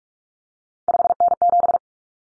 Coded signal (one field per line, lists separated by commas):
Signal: Morse code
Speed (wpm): 44 wpm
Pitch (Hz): 700 Hz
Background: none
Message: 5N7